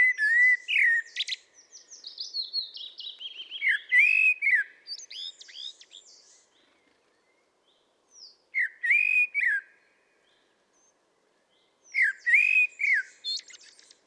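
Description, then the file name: Common blackbird delivering mellow whistled phrases followed by squeaky high twitters, with a long twittering run early and two shorter phrases later. "Turdus merula"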